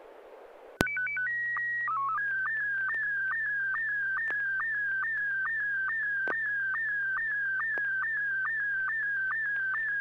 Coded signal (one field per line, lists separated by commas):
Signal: SSTV (slow-scan television)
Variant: Scottie 1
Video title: N6NA SSTV Net - 08/07/2024